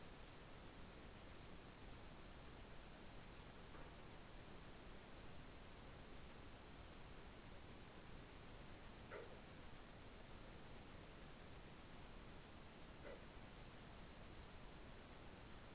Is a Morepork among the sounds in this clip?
no